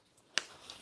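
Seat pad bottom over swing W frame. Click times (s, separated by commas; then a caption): 0.4 s. The bottom parts of the fabric seat pad on a Graco Soothe My Way Swing with Removable Rocker are pushed over the plastic W frame. A single sharp, bright snap rings out at 0.4 s between faint soft rustles near 0.2 s and 0.7 s. The seat pad snaps into place on the frame.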